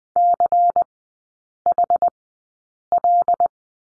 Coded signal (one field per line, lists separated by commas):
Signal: Morse code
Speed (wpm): 20 wpm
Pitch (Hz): 700 Hz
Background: none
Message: CHL